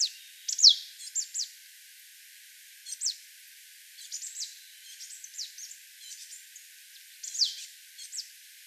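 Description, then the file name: Marsh tit giving scattered high, downward-sweeping call notes, some loud and some faint, in irregular bursts with brief pauses between them. "Poecile palustris"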